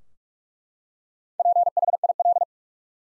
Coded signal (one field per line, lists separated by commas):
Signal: Morse code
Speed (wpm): 42 wpm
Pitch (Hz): 700 Hz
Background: none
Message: PHIL